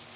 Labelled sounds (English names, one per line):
American Redstart flight call